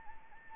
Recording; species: mosquito wingbeat signal from an infrared sensor; Anopheles arabiensis